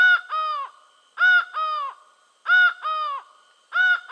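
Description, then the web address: Laughing falcon calling, loud harmonic two-note phrases, the second note lower and drawn out, repeated about every 1.3 seconds in a quiet background. Venezuela. "Birds of the Amazon. Laughing Falcon (Herpetotheres cachinnans), Venezuela"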